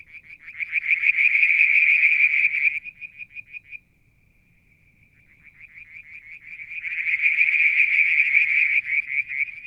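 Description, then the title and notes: Frog producing loud rapid high trills that fade into a quiet gap, then build back up into a strong pulsing trill. Mount Wilson, New South Wales, Australia; July 2022; evening, near a water tank. "Frog song, Mount Wilson, New South Wales, Australia in July 2022 – by Alexander Moffatt. Limnodynastes Peronii, Litoria Verreauxii and a mystery frog one evening near the water tank"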